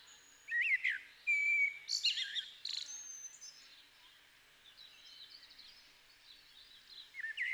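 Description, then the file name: Common blackbird song: warbled whistles and a sustained fluty note, then softer scratchy twitters. "Turdus merula"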